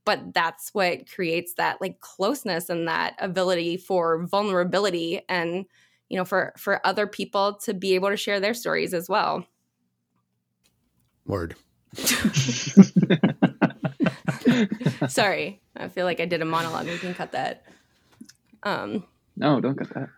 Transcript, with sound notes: But that's what creates that like closeness and that ability for vulnerability and, you know, for, for other people to be able to share their stories as well.
Word.
(laugh) Sorry. I feel like I did a monologue. You can cut that.
No, don't cut that.